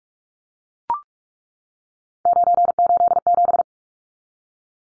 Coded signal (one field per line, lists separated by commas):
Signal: Morse code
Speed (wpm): 44 wpm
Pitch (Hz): 700 Hz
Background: none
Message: 987